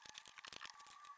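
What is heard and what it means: The socket end of a new tailgate gas strut is handled at its ball stud on a BMW E39 tailgate. Short, sharp handling knocks and rattles are heard, with the loudest hits near 0.1 s and 0.5 s and a faint steady tone near the end. Nothing has seated or clicked yet.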